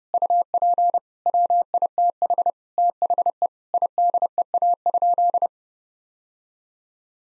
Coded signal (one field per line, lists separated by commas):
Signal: Morse code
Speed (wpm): 30 wpm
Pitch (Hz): 700 Hz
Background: none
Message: UP WITH THE IDEA?